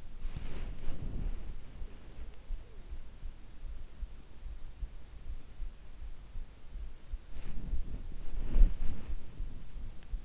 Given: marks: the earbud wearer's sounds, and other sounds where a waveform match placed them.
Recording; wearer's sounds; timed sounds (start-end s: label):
sounds in sleep by an in-ear microphone; body movement
0.00-1.74 s: body movement
7.31-10.25 s: body movement